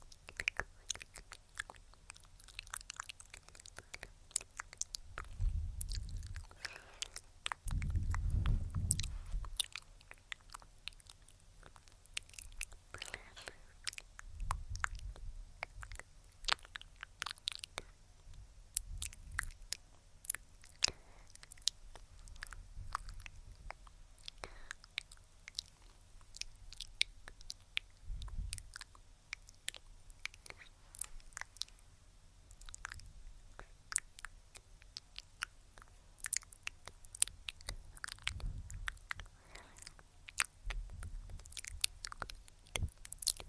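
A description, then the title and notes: Mouth sounds and face touching: dense, irregular clicks, smacks and wet crunchy bits, like chewing, run throughout. Soft low thumps of touching surface now and then, heavier around 5–9 seconds and near 15, 28 and 38 seconds. ASMR Tingly Tascam Mouth Sounds & Face Touching (Hand Movements, Personal Attention).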